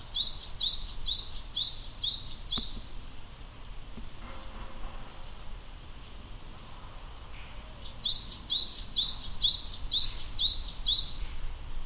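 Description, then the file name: Japanese tit singing a high, bright phrase of about six repeated two-part notes, pausing several seconds before repeating it, over a steady low rumble of background noise. Recorded at Akasaka on 2 March 2022. "sijuukara akasaka"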